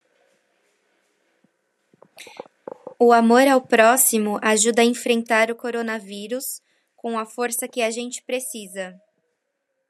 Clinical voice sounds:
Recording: spoken sentence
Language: Brazilian Portuguese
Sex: female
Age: 20 to 29 years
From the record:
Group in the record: control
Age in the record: 29 years

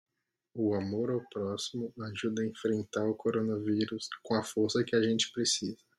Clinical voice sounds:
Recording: spoken sentence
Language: Brazilian Portuguese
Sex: female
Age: 20 to 29 years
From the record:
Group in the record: control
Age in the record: 25 years

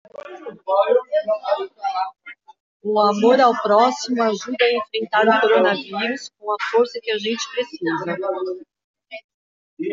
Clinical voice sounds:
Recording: spoken sentence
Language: Brazilian Portuguese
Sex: female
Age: 50 to 59 years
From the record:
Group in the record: control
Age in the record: 52 years

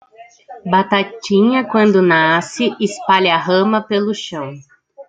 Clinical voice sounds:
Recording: short text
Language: Brazilian Portuguese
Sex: female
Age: 30 to 39 years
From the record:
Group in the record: control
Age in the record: 34 years

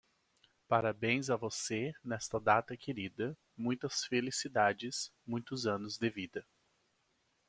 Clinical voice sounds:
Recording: short text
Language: Brazilian Portuguese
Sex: male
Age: 30 to 39 years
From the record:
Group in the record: control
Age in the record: 34 years

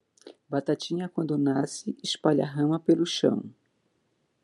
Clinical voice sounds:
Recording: short text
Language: Brazilian Portuguese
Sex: female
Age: 50 to 59 years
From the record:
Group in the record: control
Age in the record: 57 years

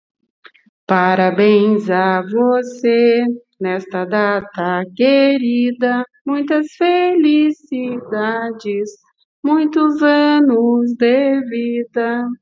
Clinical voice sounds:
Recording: short text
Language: Brazilian Portuguese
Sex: female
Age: 40 to 49 years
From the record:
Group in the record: control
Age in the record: 48 years

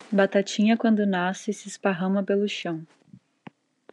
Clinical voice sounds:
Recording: short text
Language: Brazilian Portuguese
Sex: female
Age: 20 to 29 years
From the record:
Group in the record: control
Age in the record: 22 years

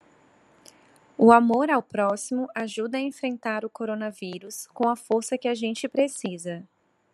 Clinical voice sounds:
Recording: spoken sentence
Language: Brazilian Portuguese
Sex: female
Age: 30 to 39 years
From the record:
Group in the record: control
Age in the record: 32 years

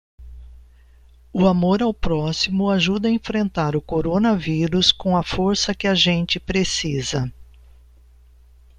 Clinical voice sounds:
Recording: spoken sentence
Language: Brazilian Portuguese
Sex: female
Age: 60 to 69 years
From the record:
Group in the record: control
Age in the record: 60 years

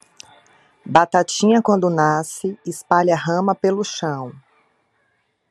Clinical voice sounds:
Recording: short text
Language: Brazilian Portuguese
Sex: female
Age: 30 to 39 years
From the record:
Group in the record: control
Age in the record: 39 years

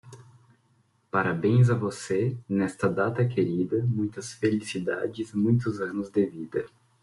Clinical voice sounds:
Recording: short text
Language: Brazilian Portuguese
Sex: male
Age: 30 to 39 years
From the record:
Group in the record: control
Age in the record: 30 years

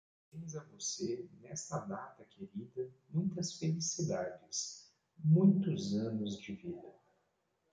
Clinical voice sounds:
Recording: short text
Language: Brazilian Portuguese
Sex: male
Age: 40 to 49 years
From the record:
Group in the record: control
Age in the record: 41 years

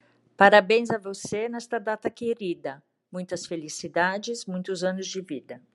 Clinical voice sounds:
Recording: short text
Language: Brazilian Portuguese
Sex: female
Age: 50 to 59 years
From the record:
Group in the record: control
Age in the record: 58 years

